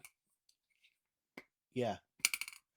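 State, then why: Seated. A hinged plastic flip-up lens cover on the far end of a CVLife 4-12x44 rifle scope is closed after a few faint taps, and someone briefly talks. At 2.3 s it shuts with one sharp plastic snap followed by a short rattle. The cover clicks firmly into place, unlike soft rubbery covers that never click properly.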